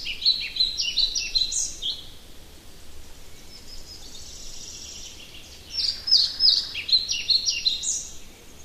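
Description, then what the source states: Pied flycatcher singing a short, high, chirping phrase, then a pause of a few seconds, then another rapid run of sweet notes, with faint hiss behind. Spring.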